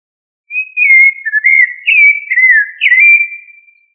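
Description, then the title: Thrush singing a flowing series of whistled notes, each dipping and rising, linked into one warbling phrase of about three seconds; otherwise quiet. "Familia Turdidae - Sabia"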